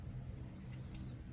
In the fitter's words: not tighten it too much, just a little bit until you hear one click.